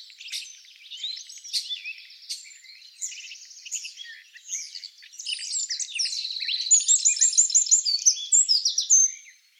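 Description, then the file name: Eurasian wren: scattered high ticks and chips at first, building into a loud, rapid, rattling trill sequence before stopping abruptly. "Troglodytes troglodytes"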